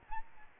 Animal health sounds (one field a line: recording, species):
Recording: mosquito wingbeat signal from an infrared sensor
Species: Aedes albopictus